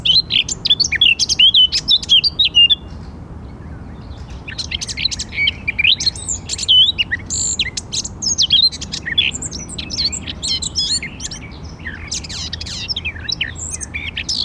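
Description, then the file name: Eurasian blackcap warbling song in bursts: a rapid jumble of scratchy notes and clear whistled slurs, a short pause, then further tangled phrases. "Sylvia atricapilla"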